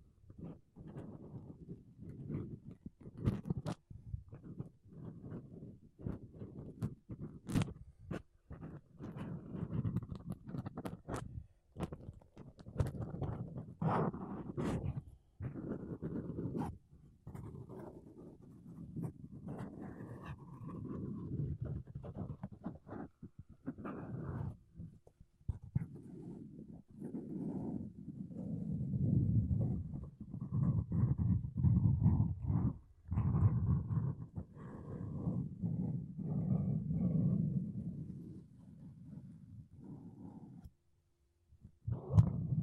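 Makeup brushes and a sponge sweep across a microphone in dense, low, muffled rustles that keep going with little pause. Sharp clicks and taps break through often, especially in the first half. Near the end the brushing briefly stops, then resumes.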